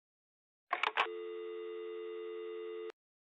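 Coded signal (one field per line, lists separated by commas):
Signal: telephone call progress tone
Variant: North America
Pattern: dial tone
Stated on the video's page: Fictional EAS scenario, a simulated alert.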